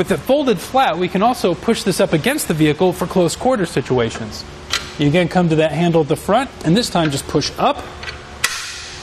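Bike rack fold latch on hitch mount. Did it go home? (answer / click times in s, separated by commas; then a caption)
yes / 8.4 s. Someone talks while a folded RockyMounts BackStage platform bike rack for 2 bikes, on the hitch mount of a 2018 Cadillac XT5, is pushed up against the vehicle with the front handle for close quarters. Its metal fold latch gives a sharp click at 8.4 s as it seats, locking the rack in the upright stowed position.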